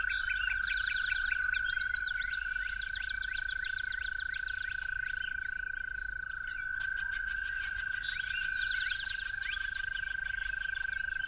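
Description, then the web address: Toads producing a steady, unbroken buzzing trill, with a lively mix of bird songs and repeated chirps layered over it. Toads recorded calling at dawn. "musicofnature Toads at Dawn"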